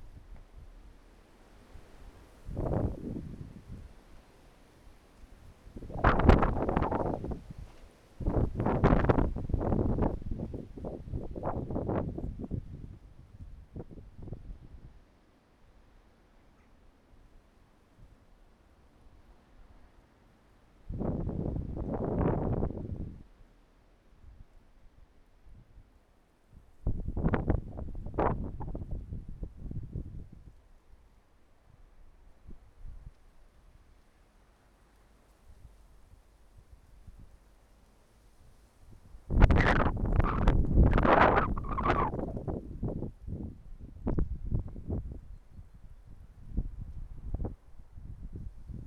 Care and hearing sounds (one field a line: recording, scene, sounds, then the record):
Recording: everyday scene through a hearing-aid microphone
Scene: wind on the microphone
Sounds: wind, traffic, birds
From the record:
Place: suburban garden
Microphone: behind the ear, right, rear